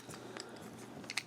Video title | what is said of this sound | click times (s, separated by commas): Video Review of the Transformers Shattered Glass IDW Flamewar with Fireglide | hear them like click into place. | 0.4 s, 1.1 s, 1.2 s